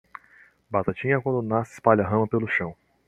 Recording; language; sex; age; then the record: short text; Brazilian Portuguese; male; 20 to 29 years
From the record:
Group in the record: control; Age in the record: 20 years